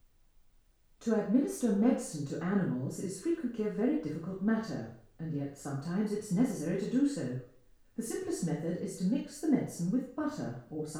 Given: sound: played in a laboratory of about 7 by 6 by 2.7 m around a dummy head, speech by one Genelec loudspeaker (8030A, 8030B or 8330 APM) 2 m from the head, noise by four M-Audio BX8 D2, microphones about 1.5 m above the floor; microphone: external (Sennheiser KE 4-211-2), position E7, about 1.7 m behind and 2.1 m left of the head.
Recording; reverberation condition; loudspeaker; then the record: female speech in English; medium; 150 degrees to the left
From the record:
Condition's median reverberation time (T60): about 510 ms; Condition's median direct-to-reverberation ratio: about -0.5 dB